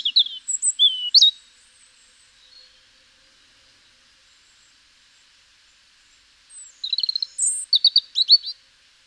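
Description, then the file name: European robin song: a short burst of high, sweet twittering notes, a long pause, then another phrase of fast, sharp trilled notes. "Erithacus rubecula"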